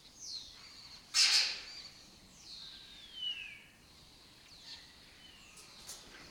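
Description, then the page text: Lesser kestrels give a few high, drawn-out falling calls around a single loud, sharp noise burst. Breeding colony in an abandoned building complex in Doñana; migratory raptor that forages in West Africa and breeds in southern Europe. "Lesser Kestrels Took Over an Abandoned Building. A migratory raptor wich spends its foraging time in West Africa and breeds in southern Europe. Here in Doñana"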